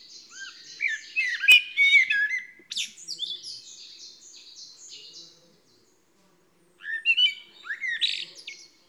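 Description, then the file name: Eurasian blackbird: bursts of quick, high chirps and twittering notes, some sliding up and down, in two clusters separated by a short silent gap. "Turdus merula"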